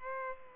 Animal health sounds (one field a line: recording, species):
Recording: mosquito wingbeat signal from an infrared sensor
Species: Culex pipiens